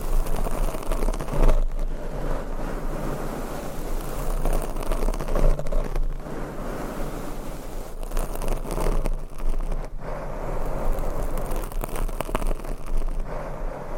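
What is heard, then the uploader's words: Microphones are scratched and brushed in a dense, continuous rasping texture with a low rumble underneath. The loudness stays fairly even, broken by brief sharp cuts or shifts around 1.5, 6 and 10 seconds as the strokes change. ASMR Mic Scratching - Brain Scratching & Brushing on 8 Mics Asmr No Talking.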